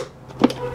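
An electrician closes the hinged plastic weatherproof cover of an outdoor electrical socket. Two short sharp clicks sound at 0.4 s and 0.5 s over a quiet, steady background, and the cover latches shut.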